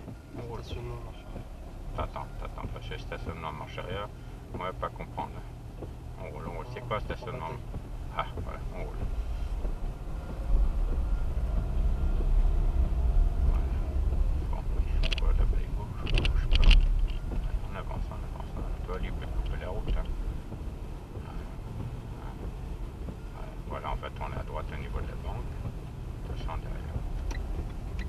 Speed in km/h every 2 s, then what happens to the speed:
9, 10, 11, 10, 13, 17, 19, 14, 18, 23, 23, 22, 21, 21.
0-7 steady at about 10. 7-18 speeds up to 23. 18-28 steady at about 22.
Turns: none.